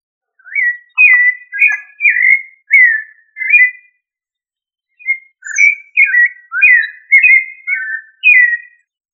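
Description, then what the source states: Thrush song: clear, fluty whistled phrases of short varied notes, about six phrases in a run, a brief pause, then a second run of about eight phrases. Family Turdidae; local name sabia.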